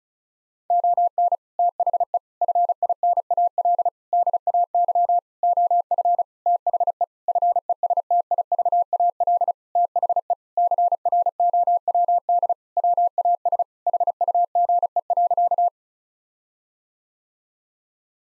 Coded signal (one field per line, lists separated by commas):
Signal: Morse code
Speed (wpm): 36 wpm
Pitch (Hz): 700 Hz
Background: none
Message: ON THE FINAL DAY OF THE FESTIVAL THE CROWD WAS HUGE.